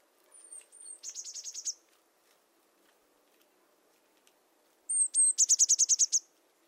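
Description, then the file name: Eurasian blue tit calling: a thin, very high whistled note, then a fast run of about eight scratchy repeated notes, heard twice a few seconds apart against quiet. "Cyanistes caeruleus"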